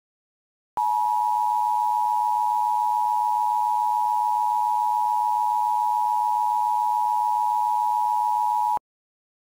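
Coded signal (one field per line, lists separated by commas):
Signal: Emergency Alert System (SAME) tones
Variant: 853 and 960 Hz attention tone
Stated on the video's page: EAS tones in a fictional mini scenario made with audio software; the tones are valid.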